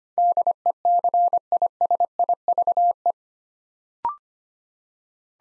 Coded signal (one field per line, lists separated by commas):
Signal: Morse code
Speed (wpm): 25 wpm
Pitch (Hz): 700 Hz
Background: none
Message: DECISIVE